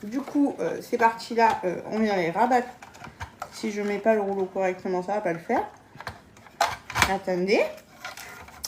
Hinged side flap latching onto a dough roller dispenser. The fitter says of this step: Voilà. On vient rabattre cette partie-là jusqu'à entendre le petit clic. Et là, ça y est, on est reparti.